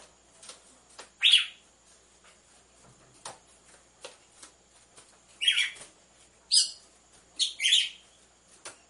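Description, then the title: Red-cowled cardinal with short rasping notes, one early and a cluster of four near the end, over a steady background of light clicks. Female red-cowled cardinal song used to warm up males, with a beat of two males. "Canto Galo Campina Fêmea 01. ESQUENTE GALO DE CAMPINA COM BATIDA DE DOIS MACHOS"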